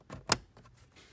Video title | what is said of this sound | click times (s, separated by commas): How to change cabin air filter in a 2011-2020 toyota sienna DIY video #airfilter #toyotasienna | want to make sure that you hear it click | 0.3 s